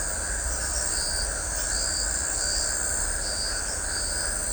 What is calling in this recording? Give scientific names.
none